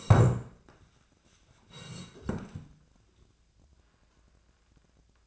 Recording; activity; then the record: daily activity, microphone in the room; sit down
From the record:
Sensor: 2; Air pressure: 1012.2 hPa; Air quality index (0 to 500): 166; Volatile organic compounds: 2 ppm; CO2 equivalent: 1215 ppm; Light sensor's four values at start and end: 78/170/81/99 and 46/116/50/56